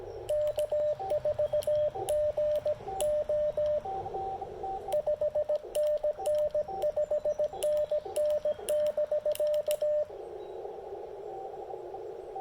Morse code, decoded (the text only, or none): K4GO 5NN 5NN <BK>